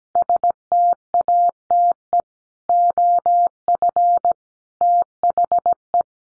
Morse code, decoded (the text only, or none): STATE OF THE